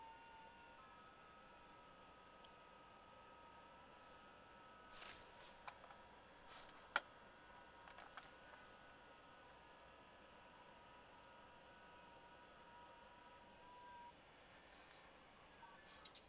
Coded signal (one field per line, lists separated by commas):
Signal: FT8